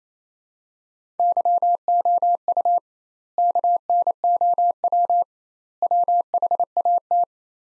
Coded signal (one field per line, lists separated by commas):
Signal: Morse code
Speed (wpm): 28 wpm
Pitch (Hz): 700 Hz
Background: none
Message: YOU KNOW WHAT